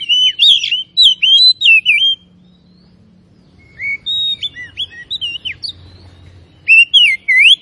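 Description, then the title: Oriental magpie-robin song in three bursts: quick swooping whistles, a silent pause, then scattered sharper notes and a final run of loud, slurred whistles. Labelled Tretes; described with the Indonesian bird-keeping term gacor, meaning singing actively. "Kacer Tretes"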